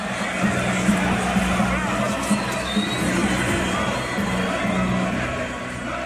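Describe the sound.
A large protest crowd of hundreds of thousands in Algiers, on rue Didouche Mourad near the Maurice Audin monument, fills the air with a steady, dense roar of voices. Rhythmic chanting of "Djamila, Djamila, Djamila est là" rises in repeated bursts over the continuous hubbub.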